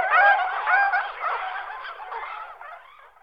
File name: labuť-malá